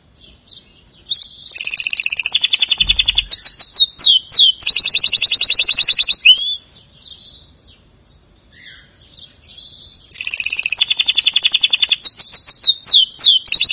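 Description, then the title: Canary song: long, loud, fast trills in several pitches with swooping slurred notes, a quiet gap of soft twitters, then the trilling returns. "Kenari"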